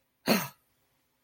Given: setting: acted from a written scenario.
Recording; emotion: vocal sound without words; negative surprise